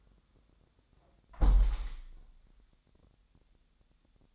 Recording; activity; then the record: daily activity, microphone in the room; close window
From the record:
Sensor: 3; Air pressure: 1000.4 hPa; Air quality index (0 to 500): 135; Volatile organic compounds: 2 ppm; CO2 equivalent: 1175 ppm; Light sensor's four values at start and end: 14/37/15/16 and 13/36/14/16